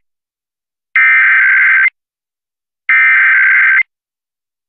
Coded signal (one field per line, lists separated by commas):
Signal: Emergency Alert System (SAME) tones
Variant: header bursts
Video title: WPYO-FM Monthly EAS Test March 28, 2022 at 1:51 pm